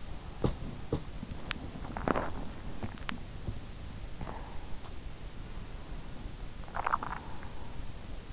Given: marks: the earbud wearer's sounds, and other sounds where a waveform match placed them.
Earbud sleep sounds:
sounds in sleep by an in-ear microphone; teeth grinding, swallowing
0.00-2.85 s: teeth grinding
6.45-7.48 s: swallowing

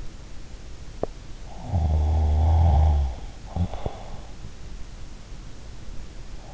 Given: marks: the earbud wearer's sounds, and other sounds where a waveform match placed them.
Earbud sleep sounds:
sounds in sleep by an in-ear microphone; snoring breath
1.42-4.26 s: snoring breath

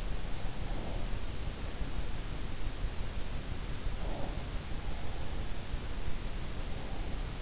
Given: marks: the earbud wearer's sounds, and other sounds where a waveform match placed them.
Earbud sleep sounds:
sounds in sleep by an in-ear microphone; breath
0.56-1.14 s: breath
3.98-4.37 s: breath

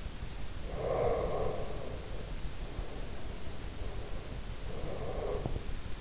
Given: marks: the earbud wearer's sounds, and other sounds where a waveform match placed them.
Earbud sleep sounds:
sounds in sleep by an in-ear microphone; breath
0.65-3.48 s: breath
3.77-5.94 s: breath

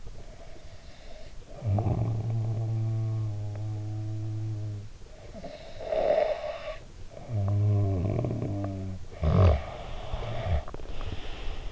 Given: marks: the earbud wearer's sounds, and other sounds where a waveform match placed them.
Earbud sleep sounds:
sounds in sleep by an in-ear microphone; snoring breath
0.00-9.05 s: snoring breath
9.29-11.72 s: snoring breath

